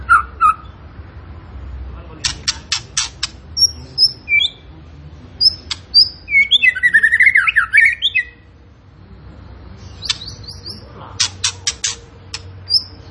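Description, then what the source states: Tembakan bird song: groups of sharp clicks, scattered high thin whistles and a short dense warbled burst, with quiet gaps between. Cage bird training recording (masteran) of a Tembakan bird in energetic, frequent singing form (gacor).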